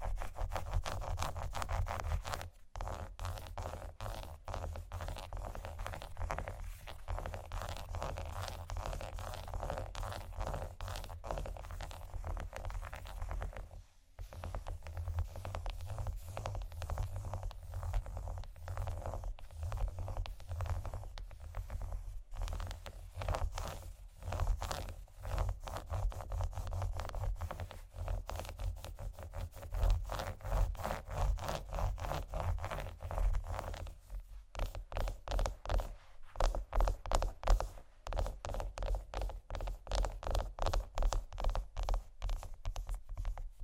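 Chocolate is scratched and tapped in a dense, busy run of small rasping strokes and clicks that barely let up for the full 44 seconds. Brief pauses break the flow near 2, 14 and 35 seconds, and a low steady hum runs underneath throughout.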